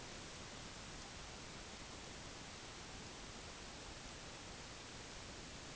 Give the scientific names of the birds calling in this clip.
none